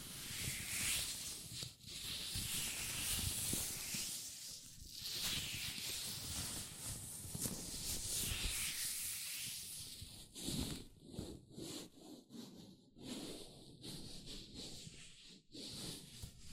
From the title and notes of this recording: ASMR Latex Gloves Hand Sounds (No Talking).